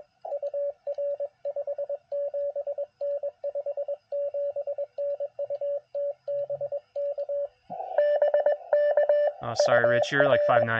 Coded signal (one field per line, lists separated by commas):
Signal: Morse code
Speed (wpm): 21 wpm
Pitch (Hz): 570 Hz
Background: speech, radio noise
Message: UR 57N 57N UT BK BK UR